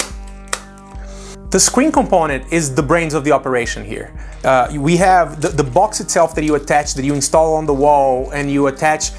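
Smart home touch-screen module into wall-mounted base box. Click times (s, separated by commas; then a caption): 0.5 s. A smart home touch-screen control module is slid onto its wall-mounted base box and snaps into place with a sharp click at 0.5 s. Someone then talks for the rest of the clip.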